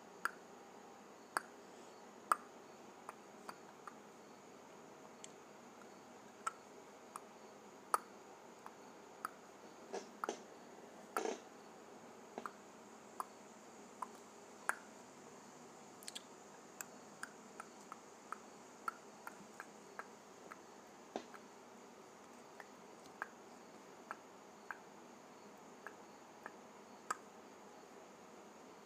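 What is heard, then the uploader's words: Tongue clicks sound as short, sharp, wet pops scattered irregularly across the recording, usually one every second or two, with a few louder snaps standing out. Between them a faint, steady hiss and a thin high whine carry on underneath. Clicking my Tongue.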